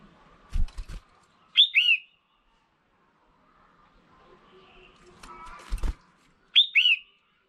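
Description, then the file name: Red-whiskered bulbul: two-part chirping call heard twice, mixed with a few dull knocks and clicks. Female bird. "Tieng chao mao mai"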